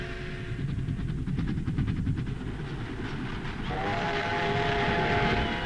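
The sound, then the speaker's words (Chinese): A steam train bound for Beiping rumbles along with a steady rhythmic chugging, then a long, sustained whistle sounds over the roar of the engine for the last couple of seconds. No one speaks. “他登上了返回北平的火车。”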